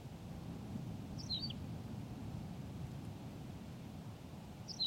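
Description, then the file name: Tawny pipit singing a brief, high, slurred chirruping phrase, repeated roughly three and a half seconds later, with a constant low rumble underneath. "Pipit rousseline Anthus campestris"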